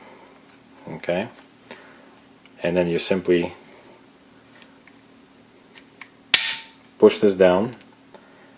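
A Glock trigger mechanism housing is pushed down into the polymer pistol frame while someone talks. A sharp, loud click rings out at 6.3 s as the housing seats in the frame, the click usually meaning it is properly inserted.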